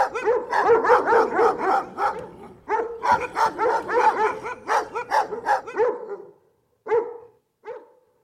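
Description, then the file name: Dogs barking: a dense chorus of rapid, overlapping barks for about six seconds, then two single barks after short pauses. Several dogs; recording associated with a bicycle. "Fahrrad Hunde lang"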